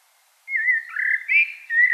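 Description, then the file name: Common blackbird song: a short mellow, whistled phrase that wavers up and down, with a brief higher note in the middle. "Turdus merula"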